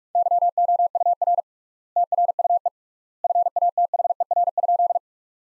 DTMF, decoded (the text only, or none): none